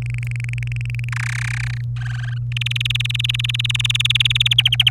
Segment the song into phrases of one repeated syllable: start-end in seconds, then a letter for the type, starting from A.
0.02-1.09 A, 1.12-1.81 B, 1.96-2.38 C, 2.52-4.54 D, 4.58-4.90 E